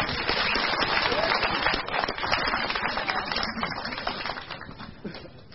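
An audience at a Cak Nun gathering breaks into applause, a dense, steady patter of many hands clapping that holds strong for several seconds before gradually tapering off at the end.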